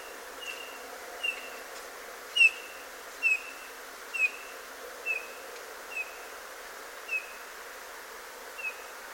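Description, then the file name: Eurasian bullfinch, soft short piping notes repeated roughly once a second in an unhurried series over background noise. "Pyrrhula pyrrhula"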